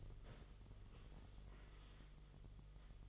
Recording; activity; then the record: daily activity, microphone in the room; sit down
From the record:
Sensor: 4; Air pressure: 1005.9 hPa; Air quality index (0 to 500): 101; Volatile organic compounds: 2 ppm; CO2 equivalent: 1257 ppm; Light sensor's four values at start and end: 13/29/11/10 and 13/29/11/10